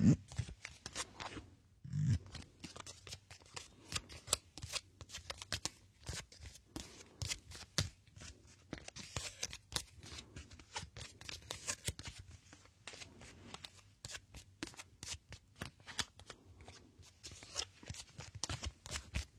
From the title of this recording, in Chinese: 清洁纸巾包 刮擦声